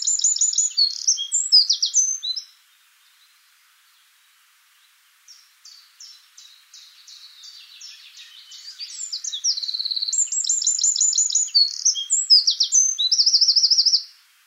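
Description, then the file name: Eurasian wren song: loud high-pitched bursts of rapid trills and sharp notes, a pause of nearly three seconds, then a long rattling, accelerating run of trills. "Troglodytes troglodytes"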